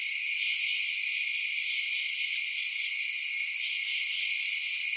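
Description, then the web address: Insect chorus, a constant high hissing drone. Outdoor night ambience of insects. "Blast Wave Update 3 Night Insects"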